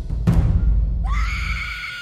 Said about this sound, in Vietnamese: Rõ ràng là nữ quỷ kia bị kéo vào bên trong, nhưng trong miệng lại thét ra tiếng gào thét vô cùng dữ tợn, thỉnh thoảng còn có tiếng khóc nỉ non.